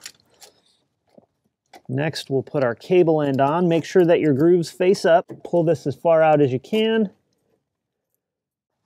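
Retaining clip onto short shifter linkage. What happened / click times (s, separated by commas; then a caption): The retaining clip snapped into place / 0.1 s. A new retaining clip is dropped onto a short shifter assembly and pushed until it clicks into place on the shift linkage, with a sharp click at 0.1 s. A few faint ticks follow, then someone talks, and the clip is left seated.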